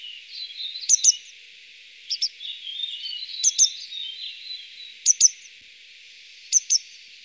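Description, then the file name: Grey wagtail calls, sharp high double notes repeated every one to two seconds, over soft twittering and a faint hiss. "Gebirgsstelze"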